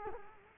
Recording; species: mosquito wingbeat signal from an infrared sensor; Culex quinquefasciatus